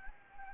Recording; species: mosquito wingbeat signal from an infrared sensor; Anopheles gambiae